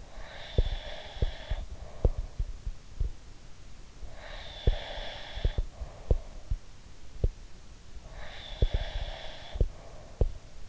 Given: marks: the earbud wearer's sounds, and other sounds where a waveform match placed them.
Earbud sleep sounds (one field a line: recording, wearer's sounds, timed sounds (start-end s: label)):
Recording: sounds in sleep by an in-ear microphone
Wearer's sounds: breath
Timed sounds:
0.00-2.45 s: breath
0.51-3.16 s: sound from someone else or the room
4.04-6.69 s: breath
4.58-7.36 s: sound from someone else or the room
7.88-10.69 s: breath
8.53-10.69 s: sound from someone else or the room